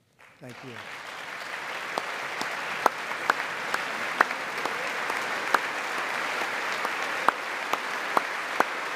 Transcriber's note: applause